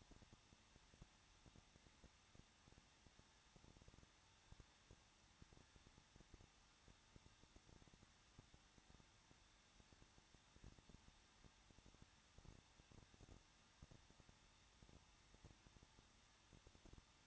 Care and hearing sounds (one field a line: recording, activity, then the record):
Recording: daily activity, microphone in the room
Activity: no activity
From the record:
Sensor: 3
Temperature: 21.2 degrees Celsius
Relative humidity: 36.3%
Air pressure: 1006.3 hPa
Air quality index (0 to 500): 221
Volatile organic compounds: 40 ppm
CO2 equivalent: 3155 ppm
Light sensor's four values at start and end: 2/3/2/2 and 2/3/2/2